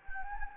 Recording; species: mosquito wingbeat signal from an infrared sensor; Anopheles gambiae